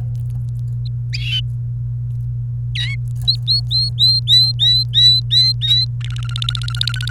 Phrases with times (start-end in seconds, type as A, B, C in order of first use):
2.75-2.96 A, 3.28-5.85 B, 6.01-7.10 C